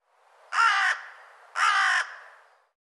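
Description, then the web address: Bird uttering two loud, hoarse caws roughly a second apart, each harsh and noisy, followed by a soft fading tail. "cianscape birddata Deverinetal 2025"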